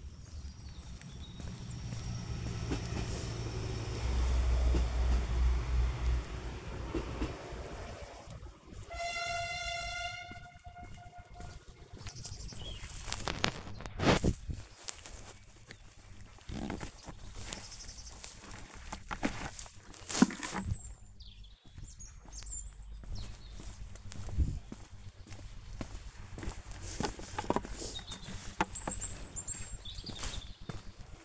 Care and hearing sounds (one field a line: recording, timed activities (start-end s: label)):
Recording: household activities, microphone on the right wrist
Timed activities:
0.00-20.84 s: removing plants (near water)
25.89-31.25 s: working in the garden